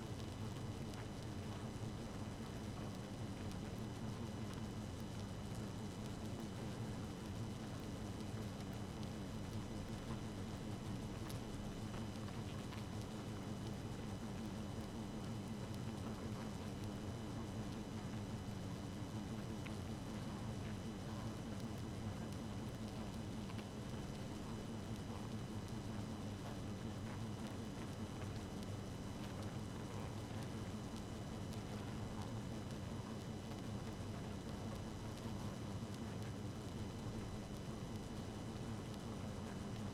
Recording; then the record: honeybee colony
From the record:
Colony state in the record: active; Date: 12 June 2018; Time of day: 0:44